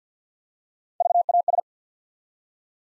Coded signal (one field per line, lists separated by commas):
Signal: Morse code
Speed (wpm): 50 wpm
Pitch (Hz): 700 Hz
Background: none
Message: VAS